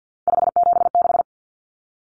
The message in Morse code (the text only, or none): 576